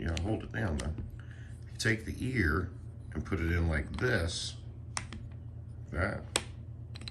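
A wooden ear piece is handled and pushed toward the body of a wooden burr puzzle while the rod is held down, as someone talks. Light handling clicks and taps are heard in the background, but the ear piece has not yet seated or snapped into place by the end of the clip.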